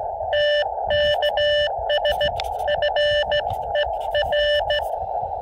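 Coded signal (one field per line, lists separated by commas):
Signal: Morse code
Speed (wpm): 14 wpm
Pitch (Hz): 590 Hz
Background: none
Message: TKS FER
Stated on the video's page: CW from a KX2 QRP rig on a SOTA activation.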